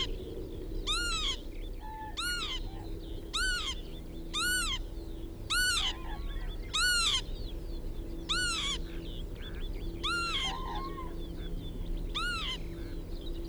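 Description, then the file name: Northern lapwing repeating wheezy, slurred 'pee-wit' calls about nine times, each rising and dropping, with a low hum underneath. "kiebitz karl-heinzfrommolt deutsches tierstimmenarchiv"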